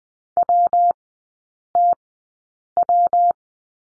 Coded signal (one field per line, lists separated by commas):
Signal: Morse code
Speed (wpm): 20 wpm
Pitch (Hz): 700 Hz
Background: none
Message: WTW